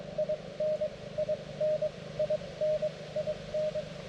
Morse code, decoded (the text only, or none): IN IN IN IN